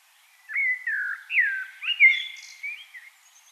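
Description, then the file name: Common blackbird song: a flowing series of slurred, mellow whistles, some rising and some falling, with a soft high twitter near the end. "Turdus merula"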